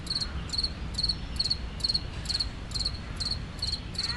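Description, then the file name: Cricket chirping, bright high pulses repeated about every half second, over a constant low rumble. Single cricket in a park with city rumble, Montreal, Canada. "amb park solo cricket seagulls city rumble montreal canada loop"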